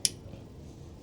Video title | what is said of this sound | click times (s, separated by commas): Leveling and Loading Your Machine | Very important, you want to hear it click. | 0.1 s